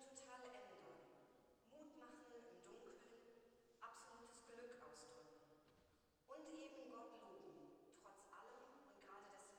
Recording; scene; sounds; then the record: everyday scene through a hearing-aid microphone; reverberant space; speech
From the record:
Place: church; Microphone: in the ear canal, left